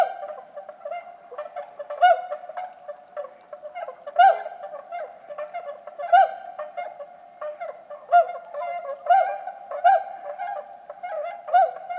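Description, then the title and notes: Bewick's swans calling in a busy flock, soft bugling notes overlapping steadily, with several louder calls standing out. About forty birds at a night roost after 2 a.m.; sentinels call at any disturbance on the shore; Lac du Der, Champagne, France, 6 January 2019; fog and drizzle; MKH20 pair, Nagra Seven. "Lac du DER. Cygnes de Bewick (Cygnus bewicki)"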